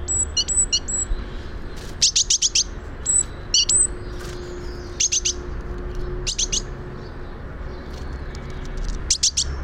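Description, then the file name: Great tit calling, thin whistled notes at first, then bursts of rapid high chips repeated every second or two, with a constant low drone beneath. "Parus major"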